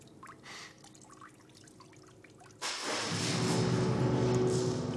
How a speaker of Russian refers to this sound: Что-то обрушивается в глубоком колодце.